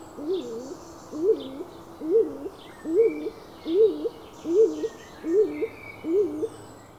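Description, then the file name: Stock dove cooing: a monotonous series of deep, double-noted hoots, roughly one every 0.8 seconds, eight in total, with quiet songbird notes behind. "Skogsduva"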